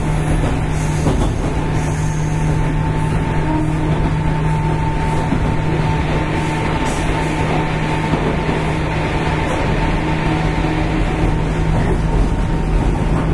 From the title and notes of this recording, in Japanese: JR九州の103系(1500番台)電車の走行音です。筑肥線の普通列車で録音しました。区間は、筑前前原から唐津までです。